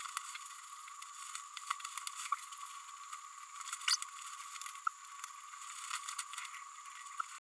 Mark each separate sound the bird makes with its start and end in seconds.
2.32-2.35